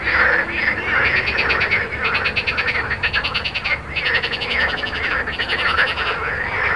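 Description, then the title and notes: Frogs calling together, rapid pulsed croaks in rhythmic bursts with short gaps, over steady traffic noise. Frogs recorded at Jardins de la Ligne, Montaudran, Toulouse, France, with road noise, recorded on a Zoom H4n. "Jardins de la Ligne, 1 Rue Jacqueline Auriol, 31400 Toulouse, France - Frog Montaudran. Frog and road captation zoom h4n"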